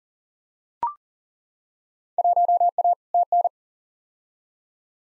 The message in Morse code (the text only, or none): 1A TN